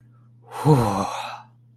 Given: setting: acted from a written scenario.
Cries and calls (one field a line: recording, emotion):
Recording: vocal sound without words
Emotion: relief